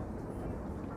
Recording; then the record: background sound without coughing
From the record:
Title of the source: Train Ride Ambience ambient white noise for sleeping, focus, studying, reading